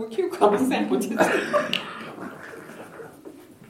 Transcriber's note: laughter